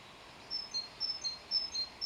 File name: Parus major